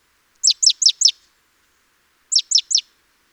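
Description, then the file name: Great tit: a burst of four thin, falling notes, a pause, then three more. "Parus major"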